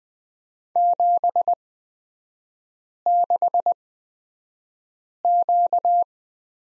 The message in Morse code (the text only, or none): 76Q